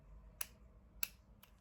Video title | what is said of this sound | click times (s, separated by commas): DAILY VLOG: Monday 18th November - it’s injection day … how I give my injection | you get your little purple thing do two clicks if you listen | 0.4 s, 1.0 s